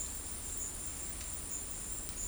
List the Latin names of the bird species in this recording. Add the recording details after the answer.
none. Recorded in dense forest near Puerto Asís, Putumayo, Colombia, on 21 February 2024 at 14:00. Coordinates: 0.484, -76.317. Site G6464